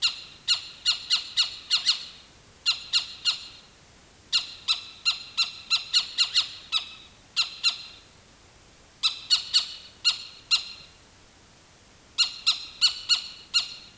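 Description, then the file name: Animal alarm call: harsh, buzzy chattering notes in rapid bursts of several notes, separated by short pauses, repeated throughout. "SLA alarm"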